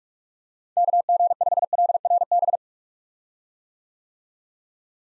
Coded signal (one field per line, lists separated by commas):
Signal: Morse code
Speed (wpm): 46 wpm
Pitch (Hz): 700 Hz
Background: none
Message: KG5LRB